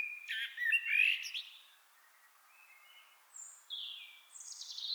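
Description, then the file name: Common blackbird producing a loud burst of warbled notes mixed with scratchy high twitter, then softer, thin high whistles after a pause. "Turdus merula"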